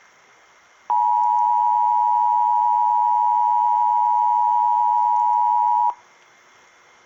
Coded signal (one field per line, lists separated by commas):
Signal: Emergency Alert System (SAME) tones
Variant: 853 and 960 Hz attention tone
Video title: DOUBLE HEADER!!!!! EAS 488-489 LAE and TOR